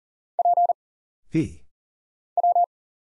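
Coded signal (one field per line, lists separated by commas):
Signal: Morse code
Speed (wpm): 40 wpm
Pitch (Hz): 700 Hz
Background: none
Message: P W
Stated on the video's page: Single characters (letters, numbers, punctuation, prosigns) at 40 wpm as an instant character recognition drill; each is sent, spoken, then sent again.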